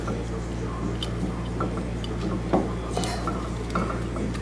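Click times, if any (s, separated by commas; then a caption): none. The inner brake pad's spring retaining clip on a Jeep Cherokee is handled and pushed toward the caliper piston bore during a brake pad, rotor and caliper job. Light sharp taps and scrapes at about 1.0, 1.6, 3.0 and 3.8 seconds sit over a steady low hum. Nothing has seated or clicked into place yet.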